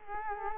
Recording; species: mosquito wingbeat signal from an infrared sensor; Culex quinquefasciatus